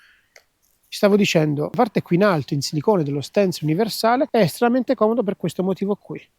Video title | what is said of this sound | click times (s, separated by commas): ☕️ OutIn Mino. ✅ COMPATTA, LEGGERA, EFFICIENTE 👍🏻 | It makes a click and the cap is closed. | 0.4 s